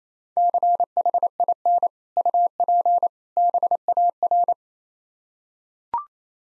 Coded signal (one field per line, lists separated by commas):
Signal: Morse code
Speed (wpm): 28 wpm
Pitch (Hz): 700 Hz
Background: none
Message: CHIN UP BAR